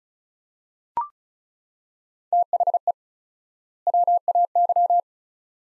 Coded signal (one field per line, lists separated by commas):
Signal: Morse code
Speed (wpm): 36 wpm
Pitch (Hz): 700 Hz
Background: none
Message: THE WAY